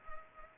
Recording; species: mosquito wingbeat signal from an infrared sensor; Culex pipiens